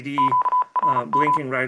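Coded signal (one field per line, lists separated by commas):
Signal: Morse code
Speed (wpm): 36 wpm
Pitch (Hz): 1000 Hz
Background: speech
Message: QRM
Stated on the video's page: CW copied acoustically from a speaker by an Arduino tone decoder via a microphone amplifier.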